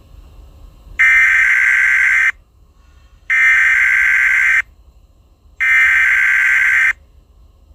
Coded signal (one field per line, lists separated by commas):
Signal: Emergency Alert System (SAME) tones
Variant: header bursts